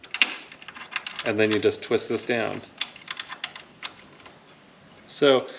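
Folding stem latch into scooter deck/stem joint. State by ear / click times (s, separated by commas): seated / 0.1 s, 0.2 s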